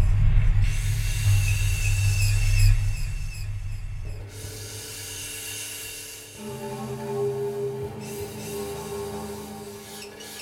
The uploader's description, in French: Frottements d'une grosse caisse renversée, nappes synthétiques et spacialisation sonore.